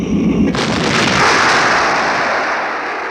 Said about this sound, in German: Denn in diesem Augenblick ließ sich ganz nah ein lautes Pfeifen in der Luft vernehmen und gleich darauf schlug unweit der Hütte eine Kanonenkugel ein, große Erdbrocken emporschleudernd.